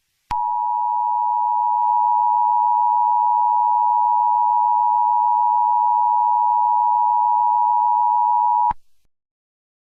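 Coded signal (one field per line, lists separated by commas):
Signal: Emergency Alert System (SAME) tones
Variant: 853 and 960 Hz attention tone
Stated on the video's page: Simulated Hawaiian EAS tsunami scenario, a fictional recreation.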